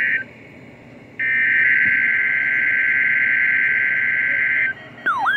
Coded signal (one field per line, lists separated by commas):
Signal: Emergency Alert System (SAME) tones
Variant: header bursts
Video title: EAS/NWR Alert or message #764-765: October Required Weekly Test #1